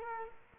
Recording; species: mosquito wingbeat signal from an infrared sensor; Culex quinquefasciatus